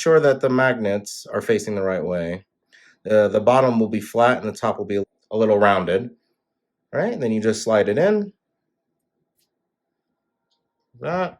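Someone talks while an Apple Watch band connector is oriented with its magnets facing the right way, flat side down and rounded side up, and slid toward the slot in the watch case. A faint, brief sound follows in a quiet gap, but the band has not clicked or seated yet.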